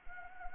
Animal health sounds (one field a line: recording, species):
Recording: mosquito wingbeat signal from an infrared sensor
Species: Anopheles arabiensis